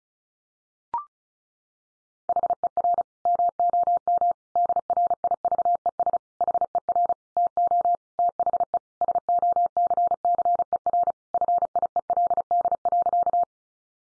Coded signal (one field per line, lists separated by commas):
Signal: Morse code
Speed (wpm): 34 wpm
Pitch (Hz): 700 Hz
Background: none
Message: HER MOM DRIVES HER TO THE SOCCER FIELD.